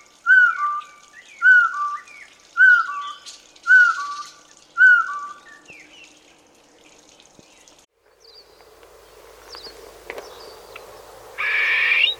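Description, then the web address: Partridge whistling a falling two-part note about once a second, five times, then a quiet stretch and a brief noisy burst at the end. "partridge bird"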